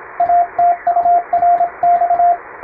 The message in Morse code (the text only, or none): ATURX